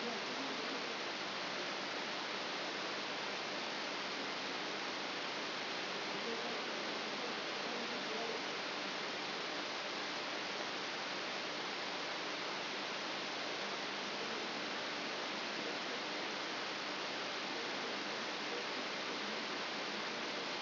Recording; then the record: brain microelectrode recording played as sound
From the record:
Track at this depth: inside the subthalamic nucleus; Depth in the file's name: 4.102 mm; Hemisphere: left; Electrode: 3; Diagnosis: Parkinson's disease